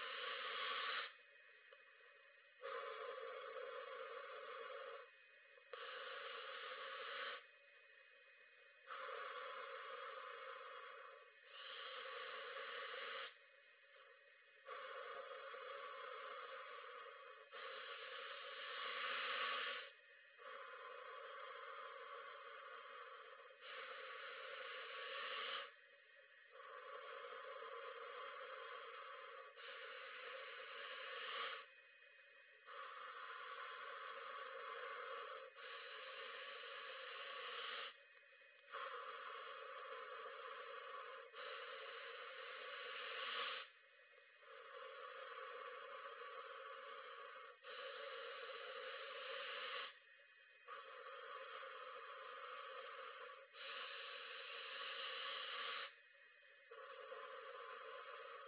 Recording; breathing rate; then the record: paced breathing near a phone; 10 breaths a minute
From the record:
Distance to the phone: 40 cm